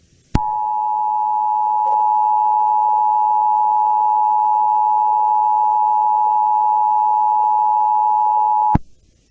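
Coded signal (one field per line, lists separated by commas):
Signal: Emergency Alert System (SAME) tones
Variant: 853 and 960 Hz attention tone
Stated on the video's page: Weather radio EAS alerts relayed through online radio, main source on 162.475 MHz.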